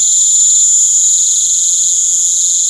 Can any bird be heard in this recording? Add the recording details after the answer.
no. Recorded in pastures near Puerto Asís, Putumayo, Colombia, on 25 June 2025 at 19:00. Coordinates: 0.497, -76.327. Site G040